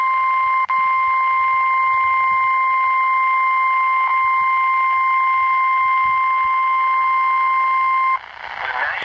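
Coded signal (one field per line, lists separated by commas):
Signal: Emergency Alert System (SAME) tones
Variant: 1050 Hz attention tone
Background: speech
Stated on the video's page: Tornado warning received from NOAA Weather Radio.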